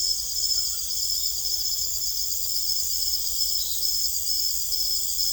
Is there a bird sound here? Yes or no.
no